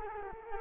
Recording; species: mosquito wingbeat signal from an infrared sensor; Culex quinquefasciatus